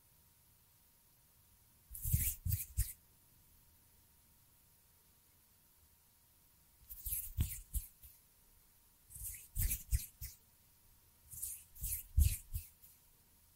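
Fingers flutter and brush in short flurries of quick, hissy strokes, arriving in four bursts around 2, 7, 9.5 and 11.5 seconds. Each flurry has several rapid rustling taps with soft low thumps beneath. Between them it is nearly silent except a faint steady tone.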